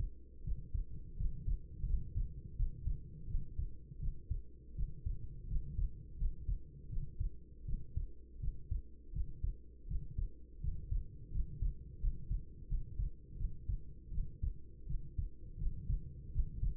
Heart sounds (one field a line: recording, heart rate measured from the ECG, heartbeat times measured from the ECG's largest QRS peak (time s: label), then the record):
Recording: heart sounds by stethoscope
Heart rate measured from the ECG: 83 bpm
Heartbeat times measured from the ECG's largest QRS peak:
0.42 s: heartbeat
1.15 s: heartbeat
1.84 s: heartbeat
2.54 s: heartbeat
3.26 s: heartbeat
3.98 s: heartbeat
4.74 s: heartbeat
5.46 s: heartbeat
6.16 s: heartbeat
6.88 s: heartbeat
7.64 s: heartbeat
8.39 s: heartbeat
9.11 s: heartbeat
9.86 s: heartbeat
10.59 s: heartbeat
11.30 s: heartbeat
11.98 s: heartbeat
12.66 s: heartbeat
13.36 s: heartbeat
14.10 s: heartbeat
14.85 s: heartbeat
15.57 s: heartbeat
16.30 s: heartbeat
From the record:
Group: healthy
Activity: rest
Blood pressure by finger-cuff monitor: 101/54 mmHg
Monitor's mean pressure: 69 mmHg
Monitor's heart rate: 82 bpm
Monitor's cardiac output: 7 L/min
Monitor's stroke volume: 85 mL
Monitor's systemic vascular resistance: 690 dyn s/cm5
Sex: female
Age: 26 years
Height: 165 cm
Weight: 55 kg